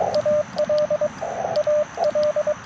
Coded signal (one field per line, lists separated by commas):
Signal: Morse code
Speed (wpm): 23 wpm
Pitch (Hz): 1200 Hz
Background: radio noise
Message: AL AL